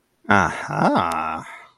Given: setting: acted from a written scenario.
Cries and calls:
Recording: vocal sound without words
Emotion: desire

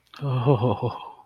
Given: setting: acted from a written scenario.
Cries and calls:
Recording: vocal sound without words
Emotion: romantic love

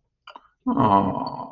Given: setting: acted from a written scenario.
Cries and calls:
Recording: vocal sound without words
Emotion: sympathy

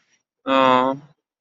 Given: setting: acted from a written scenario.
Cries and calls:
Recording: vocal sound without words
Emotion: sympathy

